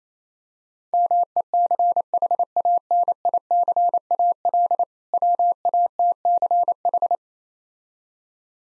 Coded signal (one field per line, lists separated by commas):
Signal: Morse code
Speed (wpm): 28 wpm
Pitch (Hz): 700 Hz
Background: none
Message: MECHANICAL WATCH